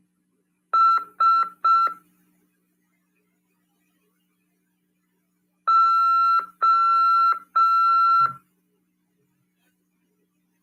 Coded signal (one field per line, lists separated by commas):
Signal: Morse code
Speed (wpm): 5 wpm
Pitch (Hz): 1350 Hz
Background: none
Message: S O